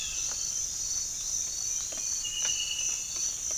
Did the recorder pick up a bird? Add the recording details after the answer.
no. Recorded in pastures near Puerto Asís, Putumayo, Colombia, on 25 June 2025 at 06:00. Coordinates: 0.466, -76.322. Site GP07